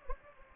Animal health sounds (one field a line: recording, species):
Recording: mosquito wingbeat signal from an infrared sensor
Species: Anopheles gambiae